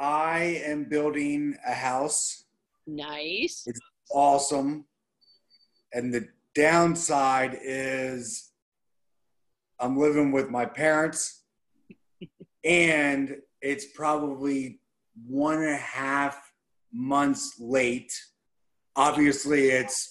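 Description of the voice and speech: Slow, halting adult male speech in short phrases with long pauses and stretched sounds: mild aphasia, following a motorcycle wreck 8 years earlier.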